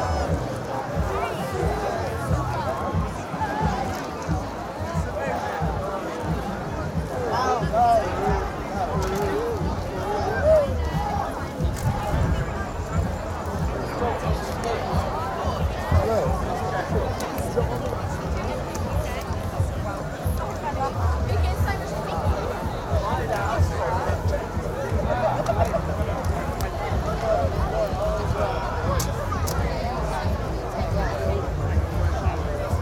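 A night walk through Glastonbury festival grounds, from the big GLASTONBURY sign by the Park Stage back to a tent. Steady crowd babble and nearby voices fill the whole walk, over a constant low rumble, with occasional brief clicks and knocks.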